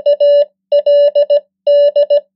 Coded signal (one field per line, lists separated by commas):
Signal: Morse code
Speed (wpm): 17 wpm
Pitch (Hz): 580 Hz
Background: none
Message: ALD